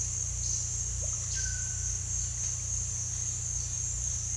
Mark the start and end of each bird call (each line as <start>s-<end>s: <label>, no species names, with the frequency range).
1.11s-1.85s: bird call (0.9-2.1 kHz)